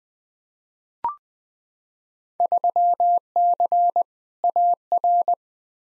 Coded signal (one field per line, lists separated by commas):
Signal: Morse code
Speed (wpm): 20 wpm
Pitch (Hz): 700 Hz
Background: none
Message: 3C AR